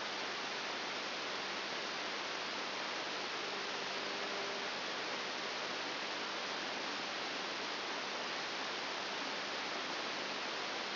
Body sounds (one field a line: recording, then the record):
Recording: brain microelectrode recording played as sound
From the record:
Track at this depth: outside the subthalamic nucleus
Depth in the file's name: 0.104 mm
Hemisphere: right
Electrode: 3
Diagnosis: Parkinson's disease